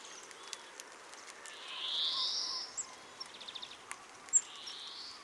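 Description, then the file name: European greenfinch with a long nasal wheeze, a quick soft trill, then a fainter second wheeze, with scattered clicks and ticks in the background. "Chloris chloris"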